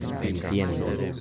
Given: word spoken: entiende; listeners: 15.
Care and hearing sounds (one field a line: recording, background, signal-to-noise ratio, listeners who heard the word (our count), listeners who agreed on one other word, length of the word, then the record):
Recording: one Spanish word in noise, from a listening test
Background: eight-talker babble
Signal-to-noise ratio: 0.4 dB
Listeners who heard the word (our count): 0 of 15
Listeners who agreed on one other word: 8 of 15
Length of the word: 0.81 s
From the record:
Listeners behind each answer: 8, 1, 1, 1, 1, 1, 1, 1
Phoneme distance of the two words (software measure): 10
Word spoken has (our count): 3 syllables, 8 phonemes, stress on syllable 2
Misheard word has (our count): 3 syllables, 8 phonemes, stress on syllable 2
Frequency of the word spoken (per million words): 40.43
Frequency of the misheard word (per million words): 27.25